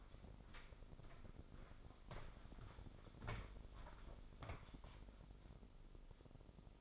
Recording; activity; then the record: daily activity, microphone in the room; walk to room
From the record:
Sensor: 5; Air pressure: 995.8 hPa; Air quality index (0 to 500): 90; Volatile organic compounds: 5 ppm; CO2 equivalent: 1716 ppm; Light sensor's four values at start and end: 39/95/38/40 and 38/92/38/39